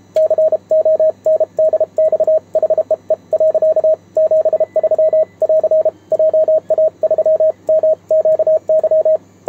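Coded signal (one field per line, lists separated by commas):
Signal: Morse code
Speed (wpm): 32 wpm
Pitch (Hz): 630 Hz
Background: radio noise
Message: CONDX HEE. 73<AR> JA3MQY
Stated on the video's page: Morse keyed on a homemade 3D-printed single-lever paddle during a contact with Japan on 28 MHz.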